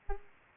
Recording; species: mosquito wingbeat signal from an infrared sensor; Aedes aegypti